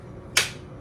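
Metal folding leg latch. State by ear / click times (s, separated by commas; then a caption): seated / 0.4 s. A folding leg of a table-top layout table is pulled out into its locked open position on the table frame. A single sharp snap at 0.4 s rings briefly over quiet background hiss. The leg locks into place.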